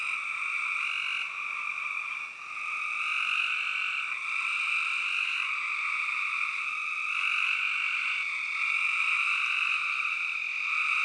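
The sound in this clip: Continuous spring peeper chorus, high shrill peeps overlapping into a steady ringing din with little variation.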